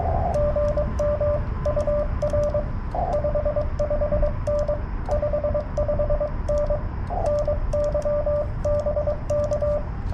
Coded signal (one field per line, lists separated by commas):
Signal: Morse code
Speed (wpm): 20 wpm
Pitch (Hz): 590 Hz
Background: radio noise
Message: GM UR 55N 55N NY BK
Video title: CW POTA with my new Yaesu FT 891